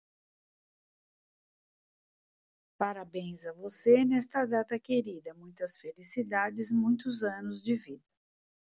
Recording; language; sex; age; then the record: short text; Brazilian Portuguese; female; 60 to 69 years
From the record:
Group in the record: control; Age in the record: 63 years